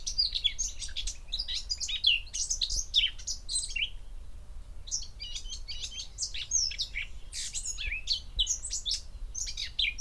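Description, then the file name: Eurasian blackcap song: fast, high twittering and chattering phrases in repeated bursts, with a few clearer whistled notes over a low hum. "Sylvia atricapilla"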